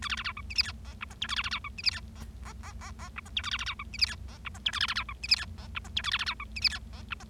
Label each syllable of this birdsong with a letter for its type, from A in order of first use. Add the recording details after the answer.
A B B C D E F G H I J K A B B C D E F G H H H H H I J K A B B C D E F G H I J K A B B C D E F G H I J K A B B C D E F G H I J. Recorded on 25 March 2012 at 19:14. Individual gy6or6